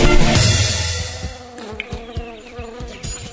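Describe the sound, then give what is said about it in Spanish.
A mosquito's thin, steady buzzing drones on without voices, following a brief burst of loud rushing noise at the start, with a few soft ticks scattered through the hum. “Está bien eliminar los mosquitos, pero eso no alcanza para frenar el dengue.”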